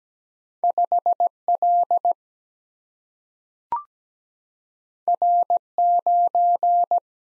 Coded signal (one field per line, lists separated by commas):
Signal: Morse code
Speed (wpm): 17 wpm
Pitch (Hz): 700 Hz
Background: none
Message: 5 L R 9